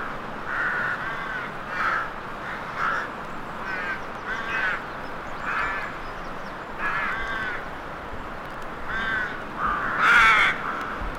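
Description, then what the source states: Crows cawing, harsh rasping caws coming singly and in short pairs throughout, with the final caw loudest, over a steady background hiss. Crows in a graveyard atmosphere; horror soundscape.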